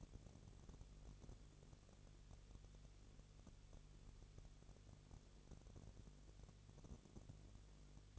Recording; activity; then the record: daily activity, microphone in the room; no activity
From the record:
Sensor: 4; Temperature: 22.3 degrees Celsius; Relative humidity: 32.8%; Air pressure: 1002.0 hPa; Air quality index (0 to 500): 185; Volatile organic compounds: 4 ppm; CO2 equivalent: 1634 ppm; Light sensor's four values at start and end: 2/3/1/1 and 2/3/1/1